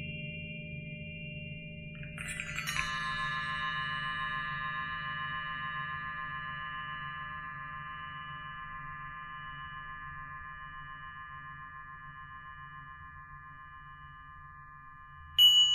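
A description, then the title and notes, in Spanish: A Tibetan singing bowl is struck near two seconds and rings in a long, slowly fading shimmering tone over a low hum, then a sudden clack at the end. Cuencos Tibetanos.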